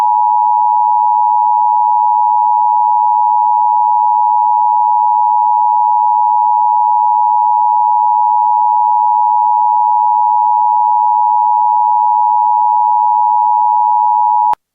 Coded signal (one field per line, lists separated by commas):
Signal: Emergency Alert System (SAME) tones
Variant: 853 and 960 Hz attention tone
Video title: EAS #2 Flash Flood Warning 20/05/2018 (HD)